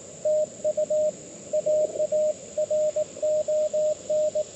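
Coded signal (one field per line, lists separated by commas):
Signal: Morse code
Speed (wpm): 22 wpm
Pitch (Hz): 590 Hz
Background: radio noise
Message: TU AARON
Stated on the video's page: QRP CW Parks on the Air activation using a Mountain Topper radio and end fed half wave antenna.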